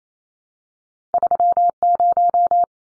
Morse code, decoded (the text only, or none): 30